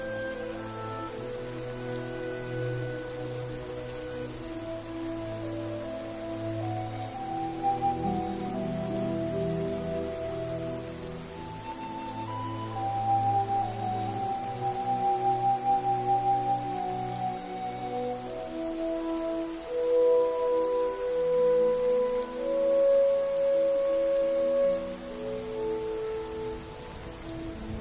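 A rainy night at Hogwarts: a steady, soft patter of rain runs throughout beneath slow, sustained low tones that shift every few seconds. Higher held notes enter around 13 seconds and again from 20 to 25 seconds as the sound swells slightly.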